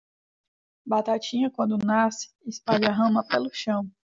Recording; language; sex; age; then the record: short text; Brazilian Portuguese; female; 20 to 29 years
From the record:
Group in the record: control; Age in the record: 22 years